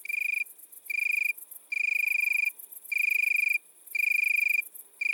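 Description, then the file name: Italian tree cricket: ringing high trills under a second long, alternating with short quiet gaps about once a second. Recorded at midnight at Le Puech, Cantal. "grillon-d Italie-a-minuit-Le-Puech-Cantal"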